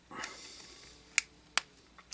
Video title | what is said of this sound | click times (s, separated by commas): Build Your Own Star Wars X-Wing Issue 82 Hyperdrive Pipework | right that just pops right in | 1.2 s, 1.6 s